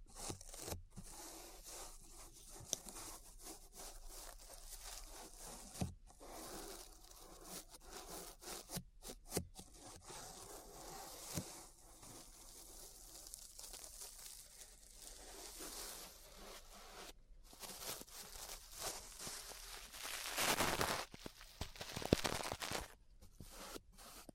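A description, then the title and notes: Ear brushing fills the clip with a dense, scratchy rustle of bristles, made of rapid rough strokes with brief gaps of near silence. A louder, fuller burst of brushing comes around 20 to 22 seconds, with sharp scratches scattered throughout. ASMR Relaxing 3Dio Ear Brushing (No Talking).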